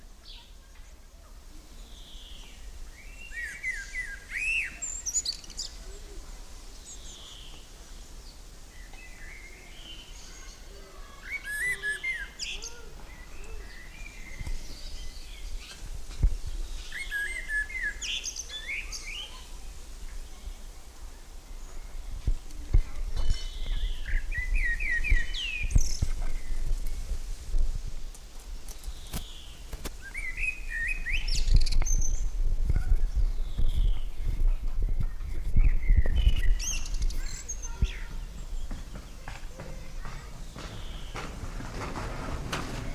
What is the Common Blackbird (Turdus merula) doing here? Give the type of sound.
song